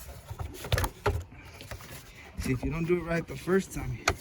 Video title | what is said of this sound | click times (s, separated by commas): Camero 2010 3.6 oil change | I didn't catch that, so pop it off this again. | 0.7 s, 1.1 s